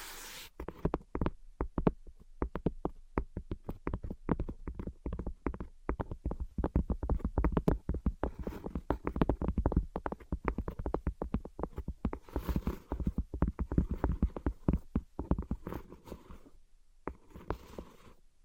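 Rapid tapping and scratching runs almost continuously, a dense stream of short, sharp knocks with a low thud beneath each one. The pace is fast and uneven, thinning briefly near the end. A brief rough scrape opens the recording and a quiet gap comes around seventeen seconds.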